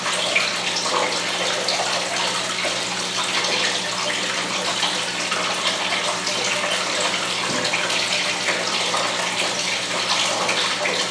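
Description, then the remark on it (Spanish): Water being blessed during a prayer pours steadily into a container, a continuous rushing splash with a bright, hissy texture that holds an even loudness for about eleven seconds, with no voices. “Padre, te damos gracias por estar aquí presente y a través de esta agua y con la energía de nuestro pensamiento las enviamos a todos nuestros hermanos que tanto nos necesitan.”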